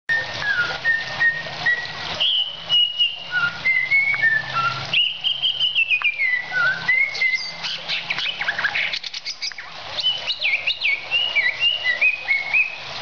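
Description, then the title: Oriental magpie-robin singing a long varied series of clear whistles, slurred notes and sweet warbles, phrases changing pitch every second or so, steady background hiss. "Kicau Kacer"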